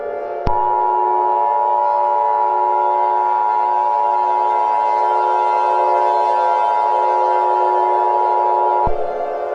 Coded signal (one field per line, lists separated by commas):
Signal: Emergency Alert System (SAME) tones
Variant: 853 and 960 Hz attention tone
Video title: EAS Mini Scenario - Knock n Collide (Birthday Speical)